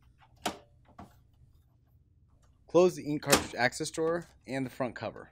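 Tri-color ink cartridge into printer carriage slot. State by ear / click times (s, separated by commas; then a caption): seated / 0.5 s. A tri-color ink cartridge is pushed at an upward angle into the left slot of the carriage in an HP DeskJet 3634 printer and snaps into place with a sharp click at 0.5 s, followed by a fainter tap at 1.0 s. After a short quiet pause, someone talks. The cartridge is seated.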